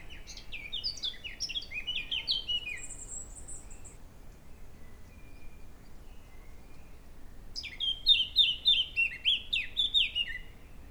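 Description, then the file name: Eurasian blackcap song: two rapid warbling phrases ending in loud, clear fluty notes, separated by a pause of several seconds, with a brief high thin trill between them. "Sylvia atricapilla"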